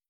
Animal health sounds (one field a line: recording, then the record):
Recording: hydrophone in a shrimp aquaculture tank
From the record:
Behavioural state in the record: starved